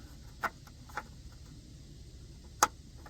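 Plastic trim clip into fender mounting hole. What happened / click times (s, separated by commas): The plastic clip snapped into its hole / 2.6 s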